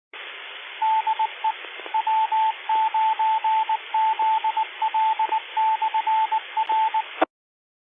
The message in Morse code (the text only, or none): DE W9ZL/R